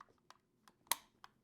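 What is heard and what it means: A hooked metal part is rocked forward and latched under the magazine-well frame of a Yugo M48B 8mm Mauser rifle. Faint clicks at about 0.3, 0.7 and 1.2 seconds surround one sharp, bright snap at 0.9 seconds, when the part seats.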